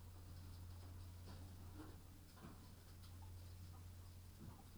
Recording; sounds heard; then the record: poultry house recording; sick chickens (respiratory disease)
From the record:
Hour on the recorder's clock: 21